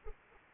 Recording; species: mosquito wingbeat signal from an infrared sensor; Anopheles arabiensis